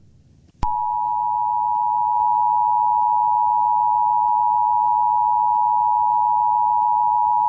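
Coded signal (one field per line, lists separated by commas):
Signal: Emergency Alert System (SAME) tones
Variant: 853 and 960 Hz attention tone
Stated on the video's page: Fictional EAS scenario about lava.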